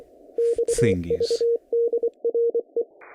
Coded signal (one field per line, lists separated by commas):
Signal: Morse code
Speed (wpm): 24 wpm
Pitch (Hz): 470 Hz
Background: speech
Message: XVDRE